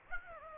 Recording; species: mosquito wingbeat signal from an infrared sensor; Aedes aegypti